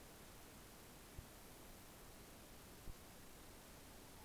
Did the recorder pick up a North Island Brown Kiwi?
no